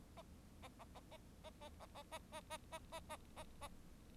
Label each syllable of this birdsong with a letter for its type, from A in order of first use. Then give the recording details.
A A A A A A A A A A A A A A A A. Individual Bird4